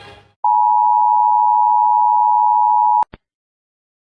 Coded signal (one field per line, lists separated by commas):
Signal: Emergency Alert System (SAME) tones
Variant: 853 and 960 Hz attention tone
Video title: debunking EAS alarms 4 [LOUD WARNING]